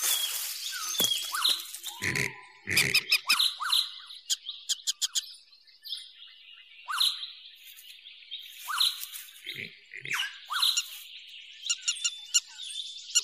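Birds give a busy mix of sharp chirps and clicking bursts, some notes sliding downward, with loud crackling pulses scattered through.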